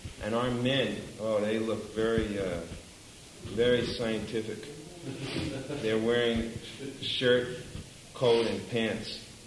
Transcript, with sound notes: And our men, oh, they look very, very scientific. [laughter] They're wearing shirt, coat and pants.